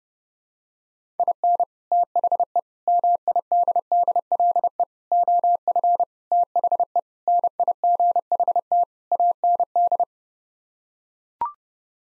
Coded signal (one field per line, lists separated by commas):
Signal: Morse code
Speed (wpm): 30 wpm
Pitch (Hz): 700 Hz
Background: none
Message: IN THE MIDDLE OF THE NIGHT AND